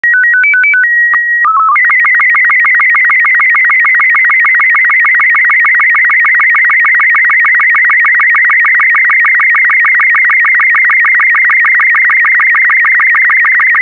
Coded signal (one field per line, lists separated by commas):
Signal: SSTV (slow-scan television)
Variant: Robot 36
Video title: 0010 Toonify SSTV Robot36